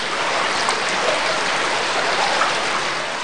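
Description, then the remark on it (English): A steady, unbroken rush of flowing river water, a dense even hiss with faint bubbling flecks, holding the same loudness throughout with no voices. “The most important river is the Shannon.”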